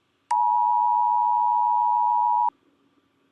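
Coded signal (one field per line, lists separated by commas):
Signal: Emergency Alert System (SAME) tones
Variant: 853 and 960 Hz attention tone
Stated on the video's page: Fictional EAS hurricane warning.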